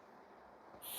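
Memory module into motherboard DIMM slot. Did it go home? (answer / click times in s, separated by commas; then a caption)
no / none. Two DDR5 memory sticks are being pressed firmly into motherboard DIMM slots, which must latch with a click or the PC may fail to boot or beep. Quiet, steady handling noise is heard, and a louder hiss rises at about 0.8 s and holds to the end. Nothing has seated or clicked yet.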